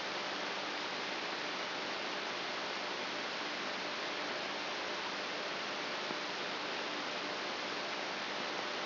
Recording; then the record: brain microelectrode recording played as sound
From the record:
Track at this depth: inside the subthalamic nucleus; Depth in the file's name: 5.816 mm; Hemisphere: left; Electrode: 3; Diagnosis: Parkinson's disease